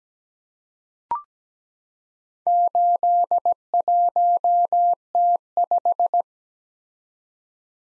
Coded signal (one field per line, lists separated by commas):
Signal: Morse code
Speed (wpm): 17 wpm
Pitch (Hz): 700 Hz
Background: none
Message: 81T5